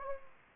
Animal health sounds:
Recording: mosquito wingbeat signal from an infrared sensor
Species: Anopheles gambiae

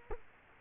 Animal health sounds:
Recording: mosquito wingbeat signal from an infrared sensor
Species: Culex quinquefasciatus

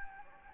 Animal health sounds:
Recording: mosquito wingbeat signal from an infrared sensor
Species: Anopheles gambiae

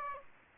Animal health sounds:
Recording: mosquito wingbeat signal from an infrared sensor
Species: Aedes aegypti

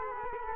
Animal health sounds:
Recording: mosquito wingbeat signal from an infrared sensor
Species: Culex quinquefasciatus

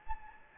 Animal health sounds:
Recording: mosquito wingbeat signal from an infrared sensor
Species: Anopheles gambiae

